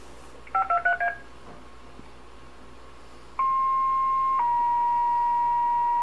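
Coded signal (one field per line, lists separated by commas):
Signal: two-tone page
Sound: quick burst of dialing beeps, then a steady tone switching to a slightly lower tone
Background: radio static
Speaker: the 15 X scanner in action detecting the two tone frequencies as they come off the fire Channel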